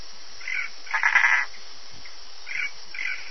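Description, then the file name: Tree frog calls: a short note, then a longer pulsed, rattling call lasting about half a second, followed after a pause by two brief notes. "Bokermannohyla hylax"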